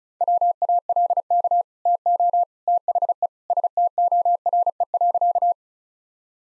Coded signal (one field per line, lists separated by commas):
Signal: Morse code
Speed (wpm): 34 wpm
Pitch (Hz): 700 Hz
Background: none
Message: WALK TO THE STORE.